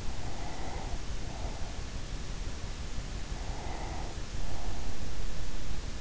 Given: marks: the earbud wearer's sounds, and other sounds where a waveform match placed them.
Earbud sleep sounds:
sounds in sleep by an in-ear microphone; breath
0.04-2.04 s: breath
3.22-5.39 s: breath

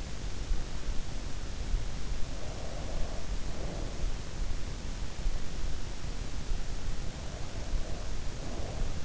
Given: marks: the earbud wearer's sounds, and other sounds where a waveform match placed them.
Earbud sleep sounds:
sounds in sleep by an in-ear microphone; breath
2.28-4.21 s: breath
7.04-9.04 s: breath

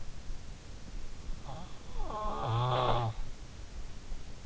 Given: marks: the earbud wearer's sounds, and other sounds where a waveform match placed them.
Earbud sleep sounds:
sounds in sleep by an in-ear microphone; snoring breath
1.57-3.68 s: snoring breath

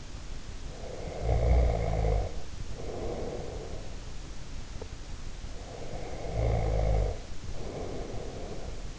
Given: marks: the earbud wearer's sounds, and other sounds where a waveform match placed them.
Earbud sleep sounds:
sounds in sleep by an in-ear microphone; snoring breath
0.74-4.12 s: snoring breath
5.53-8.99 s: snoring breath

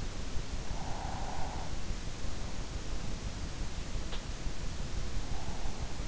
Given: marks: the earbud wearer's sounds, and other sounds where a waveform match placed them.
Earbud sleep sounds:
sounds in sleep by an in-ear microphone; breath
0.41-1.90 s: breath

